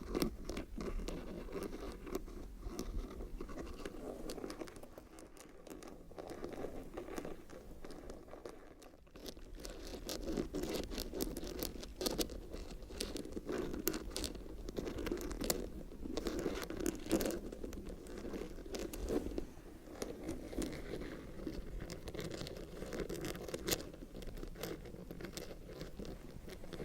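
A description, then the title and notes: Fingernails scratch and rub across textured leather bags in a dense, continuous patter of dry crinkly strokes, briefly softer around five seconds. Scratches on ASMR leather and metallic textured leather bags (no talking).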